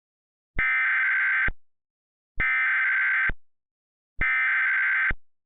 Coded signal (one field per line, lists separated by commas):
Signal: Emergency Alert System (SAME) tones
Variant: header bursts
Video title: EAS Mock: "Why would you even issue this in the first place?"